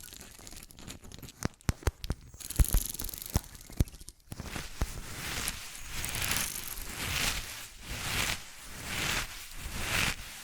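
Fast, unpredictable ASMR triggers: the first four seconds hold sharp, scattered taps and clicks, a few louder knocks among them. After a brief pause the sound turns into continuous bright crinkling and rustling that swells and eases in uneven waves until the end.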